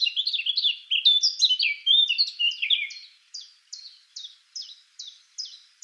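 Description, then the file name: Eurasian blackcap singing: a rich, rapid warble, then a run of clear, evenly spaced descending notes. "Sylvia atricapilla"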